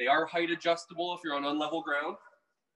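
Someone talks while handling the upgraded fold-up, height-adjustable entry stairs at an RV door, which fold up into the door frame and lock into it. Only speech is heard, and the clip ends before the step locks, so nothing has seated or clicked yet.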